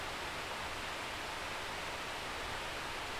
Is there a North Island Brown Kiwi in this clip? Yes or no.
no